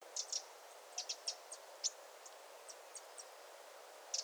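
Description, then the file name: Eurasian wren calling with sharp, high clicks and ticks, some doubled in quick pairs, spread unevenly throughout over faint hiss. "Troglodytes troglodytes"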